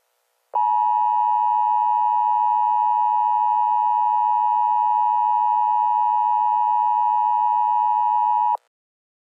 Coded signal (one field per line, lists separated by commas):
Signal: Emergency Alert System (SAME) tones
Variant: 853 and 960 Hz attention tone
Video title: EAS Scenario: It's Going to Rain in Indiana